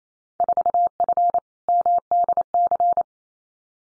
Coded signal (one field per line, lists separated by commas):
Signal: Morse code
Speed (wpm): 28 wpm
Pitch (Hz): 700 Hz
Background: none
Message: 4F MDC